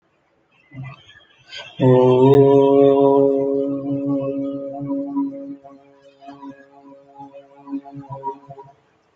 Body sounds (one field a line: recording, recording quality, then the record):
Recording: sustained vowel as in boot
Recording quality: excellent, no background noise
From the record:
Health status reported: healthy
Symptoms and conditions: none ticked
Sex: male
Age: 28 years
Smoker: not ticked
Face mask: not worn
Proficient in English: yes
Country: India